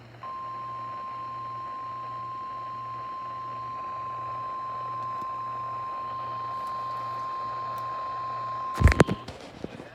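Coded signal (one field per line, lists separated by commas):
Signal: Emergency Alert System (SAME) tones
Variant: 1050 Hz attention tone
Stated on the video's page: Alerts from NOAA Weather Radio KIG79 Nashville and an FM station.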